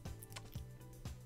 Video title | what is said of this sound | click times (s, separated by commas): Xilinx Kria KV260 Vision AI Starter Kit // Hackster Spotlight | satisfying click | 0.4 s